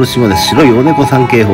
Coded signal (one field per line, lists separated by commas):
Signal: Morse code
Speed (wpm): 28 wpm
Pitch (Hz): 840 Hz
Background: speech, music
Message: BC